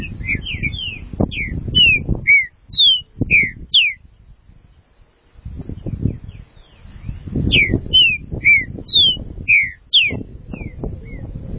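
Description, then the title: Green-winged saltator song, two phrases of ringing slurred whistles, each note falling or rising, over loud low rumbling noise. "Trinca Ferro"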